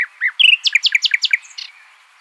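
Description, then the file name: Common nightingale song phrase: opening chirps, then a steady series of several sharp, evenly repeated notes ending in a brief buzz. "Luscinia megarhynchos"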